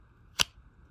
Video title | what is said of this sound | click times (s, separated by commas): Knives can be very effective don’t underestimate their lethality. | so you get that audible click | 0.4 s